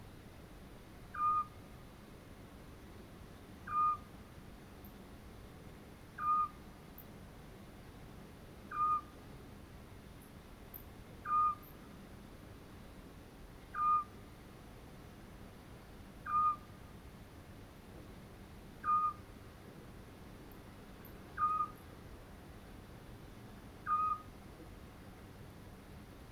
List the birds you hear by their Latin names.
Otus scops